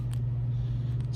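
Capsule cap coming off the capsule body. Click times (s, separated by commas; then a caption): 0.1 s. After lining up the two dots on a plastic toy capsule to unlock its twist lock, the capsule is shaken until the cap comes loose from the capsule body. A sharp, short hit at 0.1 s marks the two halves separating, with a softer tick at 1.0 s over a steady low hum. The twist-lock lid is released.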